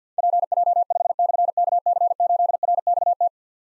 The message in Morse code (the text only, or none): PJ5/KC8RXT